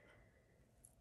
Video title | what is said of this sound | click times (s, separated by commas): Jewelry preview/presale for my live show tomorrow 9/14 5pm PST 8pm EST kierstenred56@gmail.com | it fits into the different slots and snaps into place | 0.8 s